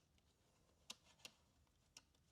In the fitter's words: and it clicks into place on each one so that's quite handy